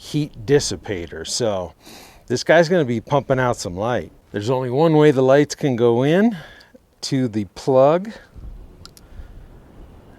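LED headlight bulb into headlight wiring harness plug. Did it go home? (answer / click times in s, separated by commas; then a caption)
yes / 8.9 s, 9.0 s. Someone talks while pushing the plastic base of a Fahren LED headlight bulb into the wiring harness plug of a 2008-2010 Ford F-250; the plug only fits one way. After the talking stops, two short sharp clicks come at 8.9 s and 9.0 s over quiet background noise. The bulb is seated in the harness plug.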